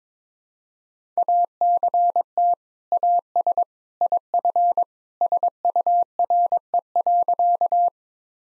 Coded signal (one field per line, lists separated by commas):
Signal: Morse code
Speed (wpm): 22 wpm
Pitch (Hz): 700 Hz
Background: none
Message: ACT AS IF SURE.